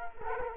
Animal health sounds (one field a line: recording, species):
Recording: mosquito wingbeat signal from an infrared sensor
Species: Culex quinquefasciatus